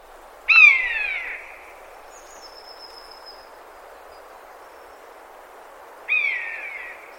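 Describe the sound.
Bird calls: two harsh, descending, rasping notes about five seconds apart, each trailing off, with a thin high whistle between them over a soft hiss.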